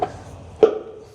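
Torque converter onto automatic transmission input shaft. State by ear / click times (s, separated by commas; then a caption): seated / 0.6 s. A new torque converter for a Ford Ranger, pre-filled with transmission fluid, is pushed and turned onto the automatic transmission's input shaft and pump. A faint knock at 0.0 s is followed by a solid clunk at 0.6 s as the converter drops onto the pump splines and seats fully home.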